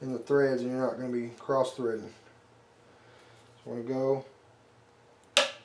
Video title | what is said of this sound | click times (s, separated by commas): "Long Range Rifle Build On A Budget" Part #2 | we hear it click and we're going to give it a second | 5.4 s